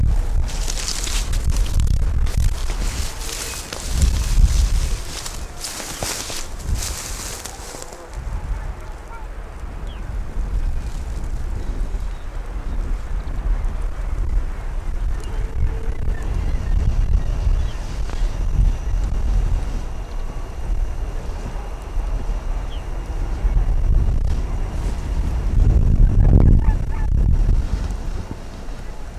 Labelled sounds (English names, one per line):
Arctic Fox